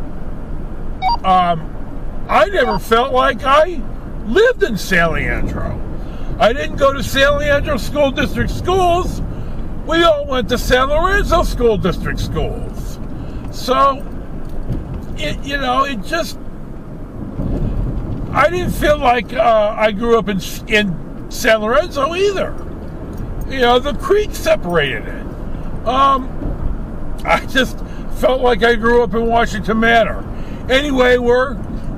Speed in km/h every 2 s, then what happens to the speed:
58, 58, 56, 58, 58, 58, 55, 50, 45, 45, 45, 47, 48, 58, 60, 61.
0-10 steady at about 58. 10-16 slows to 45. 20-32 speeds up to 61.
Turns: none.